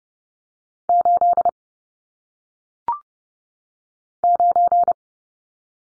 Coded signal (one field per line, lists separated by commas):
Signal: Morse code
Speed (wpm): 30 wpm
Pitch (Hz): 700 Hz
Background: none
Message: 8 9